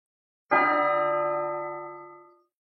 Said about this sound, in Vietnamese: Rốt cuộc, một tiếng chuông du dương vang vọng phía chân trời, truyền khắp mỗi ngóc ngách của hoang vực này. Một vực này dù to lớn là thế, nhưng cũng không thể nào tránh khỏi, đều bị tiếng chuông này lan qua.